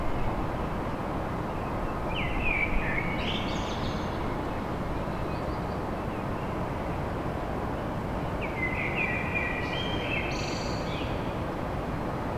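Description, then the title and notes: Common blackbird song: two fluty warbled phrases ending in high squeaky twitters, separated by a long pause, over a steady low rumble. Blackbird song recorded at dawn in Paris. "Blackbird Poetry At Paris. Enregistrement d'un chant de merle à l'aube dans Paris"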